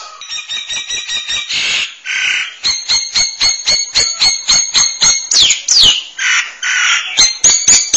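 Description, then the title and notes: Starling singing harsh, squawky notes repeated in a rapid, steady pulse, mixed with rasping bursts and a few sliding whistles. "suara burung jalak"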